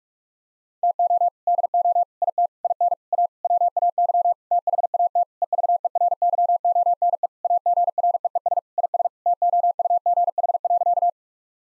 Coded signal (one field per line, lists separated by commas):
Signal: Morse code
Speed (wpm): 46 wpm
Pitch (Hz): 700 Hz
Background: none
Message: TO DO IT IN A WAY THAT EVERYONE AGREES IS TOUGH.